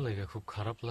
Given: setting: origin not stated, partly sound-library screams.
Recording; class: one-second piece from a danger detection set; normal situation